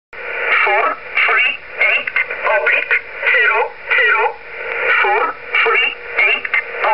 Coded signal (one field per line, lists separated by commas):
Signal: numbers station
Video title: Mitschnitt verschiedener Zahlensender auf Kurzwelle